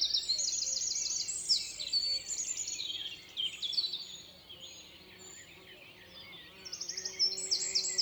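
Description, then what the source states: Eurasian wren delivering bright, rapid trills near the start, a quieter gap with faint twittering and insect hum, then another burst of high trilled notes at the end. Wren singing in a beech forest in spring at Saint-Dizier-en-Diois; date given as 6 June 2019 and as 28 May 2019, 8:30; stereo, Nagra Seven with MKH8020; sun-warmed insects humming in background.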